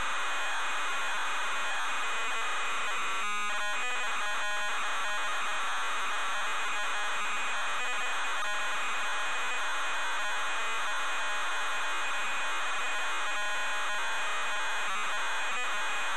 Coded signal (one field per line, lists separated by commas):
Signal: ZX Spectrum tape loading